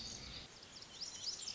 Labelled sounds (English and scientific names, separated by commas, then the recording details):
Lazuli Bunting (Passerina amoena)
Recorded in Sonoma County, California